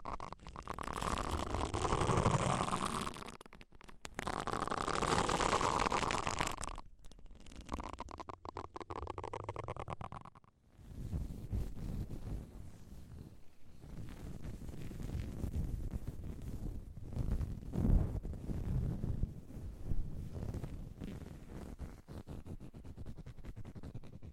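Ear cleaning sounds: for the first ten seconds, loud, dense rubbing and scratching with brief pauses around four and seven seconds. After that it drops to softer, muffled crackling and low rumbling, with scattered sharper taps near eighteen and twenty seconds.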